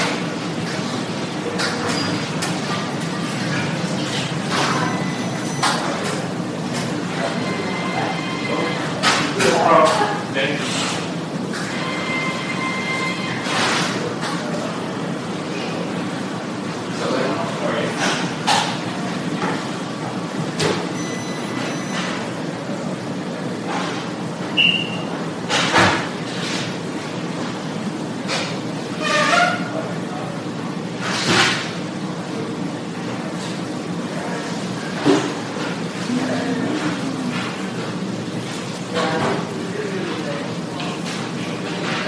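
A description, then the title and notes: Hospital emergency room sounds: a steady murmur of voices and low background rumble runs throughout. Frequent short knocks, clatters and bright clicks break through, with a few louder bangs around 10, 25, 30 and 35 seconds, plus brief tonal beeps. Hospital Emergency Room.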